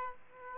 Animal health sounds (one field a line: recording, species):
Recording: mosquito wingbeat signal from an infrared sensor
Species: Aedes aegypti